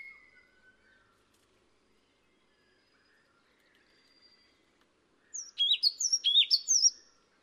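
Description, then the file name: Yellow tit: after faint thin whistles, a burst of several quick, high, sharp two-note phrases near the end. "黃山雀"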